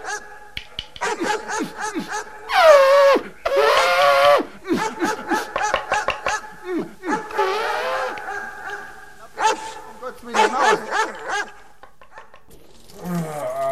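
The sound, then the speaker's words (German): Several dogs bark and yelp in bursts, with high, strained howling cries around the middle and sharp barks scattered throughout, loud and overlapping with no clear rhythm. “Oh, einmal, da kommen ja die Hunde.”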